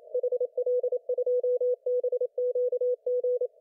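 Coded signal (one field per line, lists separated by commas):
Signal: Morse code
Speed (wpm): 27 wpm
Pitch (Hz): 500 Hz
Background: none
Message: HL2BQG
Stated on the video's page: Real-speed call sign copying practice from the JIDX contest on 7 MHz.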